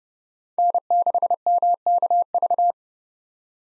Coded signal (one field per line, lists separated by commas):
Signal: Morse code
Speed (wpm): 38 wpm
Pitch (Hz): 700 Hz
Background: none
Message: N6MKV